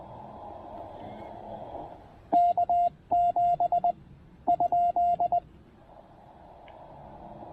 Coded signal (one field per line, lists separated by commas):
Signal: Morse code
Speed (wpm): 20 wpm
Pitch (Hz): 700 Hz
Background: none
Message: K7 ?